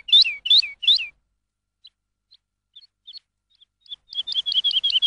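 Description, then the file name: Lark song: three loud, sweeping chirps, a scatter of faint short notes, then a fast, tumbling burst of bright twittering notes at the end. Lark song used for training songbirds. "suara masteran lark"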